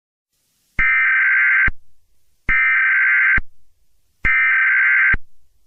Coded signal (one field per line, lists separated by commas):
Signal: Emergency Alert System (SAME) tones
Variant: header bursts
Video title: (EAS scenario) trollge (jumpscare warning)